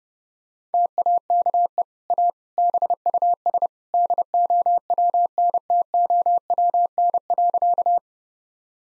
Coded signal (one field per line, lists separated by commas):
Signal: Morse code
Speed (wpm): 30 wpm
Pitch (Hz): 700 Hz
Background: none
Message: TAKE A BUS DOWNTOWN.